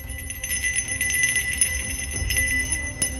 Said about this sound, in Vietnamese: Liền lấy từ trong túi ra một cái chuông đồng, giơ lên cao, vận lực mà lắc.